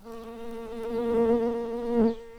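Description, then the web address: Early bumblebee worker buzzing with a steady, low droning hum. "Pratorum workers"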